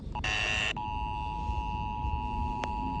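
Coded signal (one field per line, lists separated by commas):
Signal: Emergency Alert System (SAME) tones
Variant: 853 and 960 Hz attention tone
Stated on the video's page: EAS alerts including a flash flood warning.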